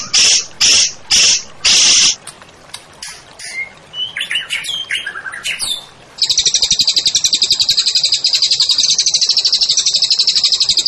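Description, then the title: White-rumped shama song: buzzy high bursts, then a run of clear varied whistles, ending in a long continuous buzzy trill. Masteran song-training recording for songbirds, featuring a champion bird. "Masteran Murai Batu Juara"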